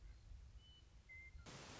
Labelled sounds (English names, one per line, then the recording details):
Western Meadowlark
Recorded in Sonoma County, California